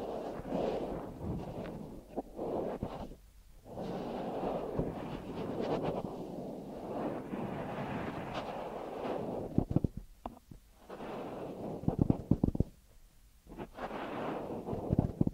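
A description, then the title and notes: A deep ear massage gives long, muffled rubbing and rushing sounds that swell and fade in soft waves, with brief silent gaps around 3, 10 and 13 seconds. Sharper crackles and small taps cluster in the second half, especially near 9 to 10 and 12 to 15 seconds. ASMR Deep Ear Massage for Sleep(No Talking).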